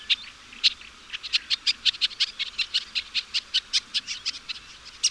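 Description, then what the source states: Bird song of short high chirps repeated in a fast, slightly uneven series, with louder notes near the start and end. Chirping bird song meant for training pet birds.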